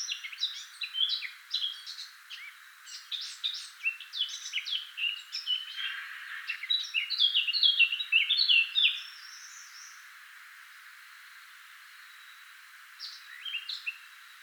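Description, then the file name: Eurasian blackcap, a long rapid warble of jumbled high notes ending in louder whistled notes, then a pause and a short final burst. "Sylvia atricapilla"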